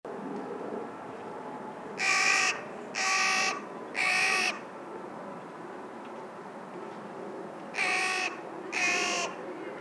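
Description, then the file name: Carrion crow with a run of three hoarse caws, a pause, then two more, over steady low background noise. "Corvus corone"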